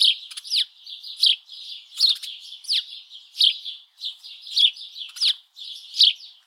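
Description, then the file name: House Sparrow gives repeated bright chirps, some sweeping downward, with a few quick clicky bursts over continuous softer twittering. "Passer domesticus"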